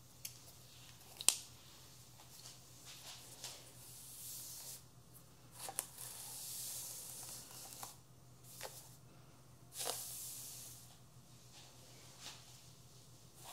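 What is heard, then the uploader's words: A haircut in progress with no talking: soft hissing bursts of spray or snipping recur every second or two, with longer airy swells near 5–7 and 10 seconds. A sharp click lands just after 1 second, and a low steady hum runs underneath throughout. Haircut Real Hair and No Talking.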